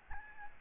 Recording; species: mosquito wingbeat signal from an infrared sensor; Aedes albopictus